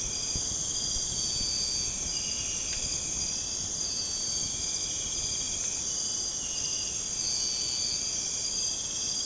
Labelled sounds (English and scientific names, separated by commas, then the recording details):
none
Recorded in pastures near Puerto Asís, Putumayo, Colombia, on 23 June 2025 at 01:30
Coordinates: 0.496, -76.326
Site GP01